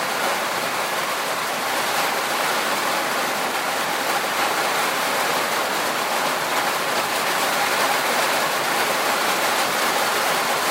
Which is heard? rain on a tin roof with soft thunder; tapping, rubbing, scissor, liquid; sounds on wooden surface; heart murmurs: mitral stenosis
rain on a tin roof with soft thunder